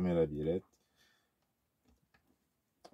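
Someone talks briefly at the start while positioning the plastic steering link of a Rlaarlo XDKJ-006 RC car's front steering over its ball stud, just before pressing it on. Only faint, light handling ticks follow from about 1.9 to 2.9 s. Nothing has snapped or clipped into place yet.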